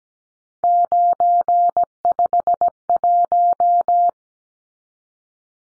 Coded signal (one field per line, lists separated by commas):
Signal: Morse code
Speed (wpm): 17 wpm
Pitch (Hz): 700 Hz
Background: none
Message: 951